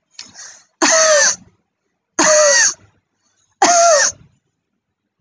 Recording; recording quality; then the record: heavy voluntary cough; excellent, no background noise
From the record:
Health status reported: healthy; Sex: female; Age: 21 years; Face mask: not worn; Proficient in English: yes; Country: India